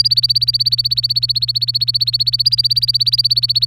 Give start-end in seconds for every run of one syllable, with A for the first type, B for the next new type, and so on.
0.00-3.66 A